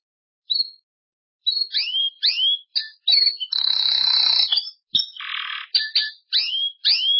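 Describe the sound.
Canary song: quick downward-sweeping whistled notes in a series, broken by a loud buzzy rattling trill and a harsh burst, then more swooping whistles.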